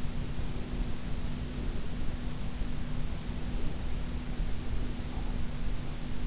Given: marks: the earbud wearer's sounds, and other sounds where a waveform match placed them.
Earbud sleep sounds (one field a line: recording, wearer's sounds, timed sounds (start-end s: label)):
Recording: sounds in sleep by an in-ear microphone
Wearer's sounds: breath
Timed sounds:
0.21-2.14 s: breath
3.55-5.55 s: breath